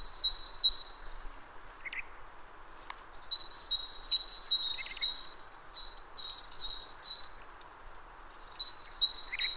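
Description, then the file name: Great tit repeating high, clear two-note phrases in several bursts, with a few lower chips mixed in, over a faint wash of background noise. "Parus major"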